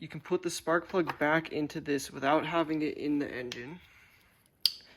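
A removed spark plug is pushed into its rubber ignition boot (spark plug cap) outside the engine to test for spark, while someone talks. After the talking stops, a sharp, loud click at 4.7 s marks the plug seating in the boot.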